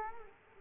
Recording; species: mosquito wingbeat signal from an infrared sensor; Culex quinquefasciatus